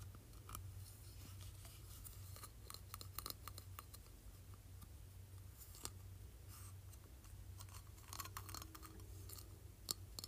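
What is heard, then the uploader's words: Tapping on a plastic trophy, with quick, light clicks scattered unevenly through the whole ten seconds, sometimes in short bursts, as near 3 and 8 seconds. A steady low hum sits underneath throughout. ASMR Tapping Plastic Trophy.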